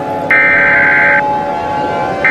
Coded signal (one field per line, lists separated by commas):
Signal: Emergency Alert System (SAME) tones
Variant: header bursts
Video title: Aphmau The Killer [An EAS Scenario]